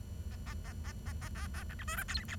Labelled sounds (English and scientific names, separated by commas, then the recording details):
Bengalese Finch (Lonchura striata domestica) song
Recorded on 23 June 2012 at 10:17
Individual gr41rd51